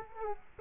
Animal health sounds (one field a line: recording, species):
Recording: mosquito wingbeat signal from an infrared sensor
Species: Culex quinquefasciatus